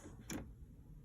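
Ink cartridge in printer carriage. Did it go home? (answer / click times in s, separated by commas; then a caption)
no / none. A new plastic ink cartridge is being handled nose first into a printer carriage, to be pushed down until it clicks into place. A brief, sharp handling noise rises at about 0.3 s over a low background hum. Nothing has seated or clicked yet.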